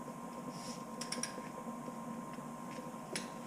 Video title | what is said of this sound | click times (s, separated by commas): BMW F30 335 2yr Oil Change, Fram Oil Filter Cartridge Fail | That's it. You hear it click? | 3.2 s